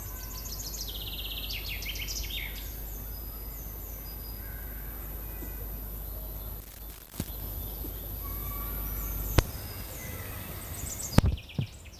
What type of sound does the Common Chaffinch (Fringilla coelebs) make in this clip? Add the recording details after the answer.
song. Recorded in the wild. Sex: male. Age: adult. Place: Hermsdorfer Forsten, Berlin, DE. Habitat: wood. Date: 2005-05-05 13:12. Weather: cloudy, 12°C. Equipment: Sony WM-D6C, Sony ECM-MS 907, Kopie Uher 4000 Report Monitor. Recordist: Tembrock, Günter